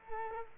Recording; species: mosquito wingbeat signal from an infrared sensor; Culex pipiens